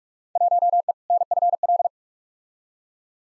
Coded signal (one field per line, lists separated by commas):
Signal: Morse code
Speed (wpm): 42 wpm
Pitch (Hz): 700 Hz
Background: none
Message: 1E NFL